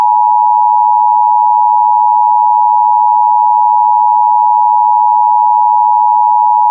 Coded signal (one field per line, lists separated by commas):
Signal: Emergency Alert System (SAME) tones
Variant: 853 and 960 Hz attention tone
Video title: EAS FIRE IN LARAMIE WY